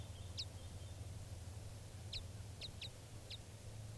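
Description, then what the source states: Red Crossbill calls: five sharp downward-slurred notes, one alone early, then four more in quick succession, over a low steady hum. Calls of a wild type 5 bird, at Tennessee Pass, Eagle County, Colorado, on June 8, 1986, at 6:38 a.m.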